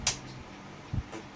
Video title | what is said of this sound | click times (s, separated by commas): Random discussions with DK_Shadow | just popped into place | 0.1 s